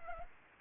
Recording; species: mosquito wingbeat signal from an infrared sensor; Anopheles arabiensis